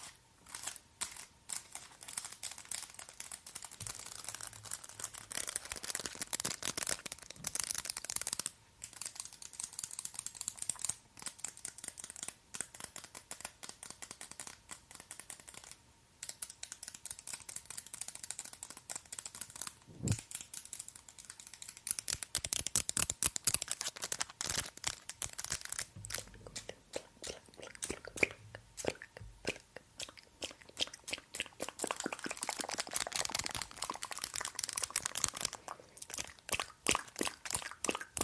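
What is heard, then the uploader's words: Long fingernails tap and flutter in quick, dense bursts of bright clicking, broken by short pauses around 8, 15 and 20 seconds. The tapping grows busier and louder after about 25 seconds, with rapid crinkly runs through to the end. ASMR Finger Fluttering and Nail Tapping with XXL Nails.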